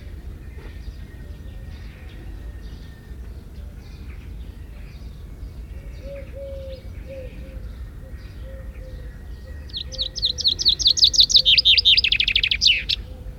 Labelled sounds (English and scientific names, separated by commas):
Common Chaffinch (Fringilla coelebs) song